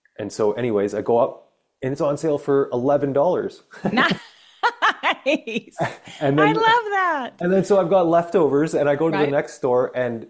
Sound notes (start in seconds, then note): 3.8 laughs; 6.2 laughs